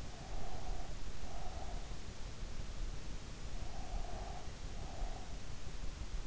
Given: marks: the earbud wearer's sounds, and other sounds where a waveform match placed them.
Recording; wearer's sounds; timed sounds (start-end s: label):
sounds in sleep by an in-ear microphone; breath
0.00-2.00 s: breath
3.58-5.53 s: breath